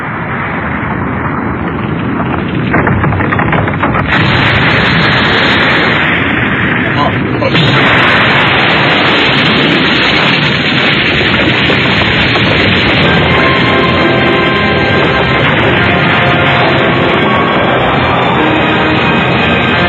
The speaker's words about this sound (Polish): Widzisz tamten wulkan? Wybuchł. Ciekawe dlaczego.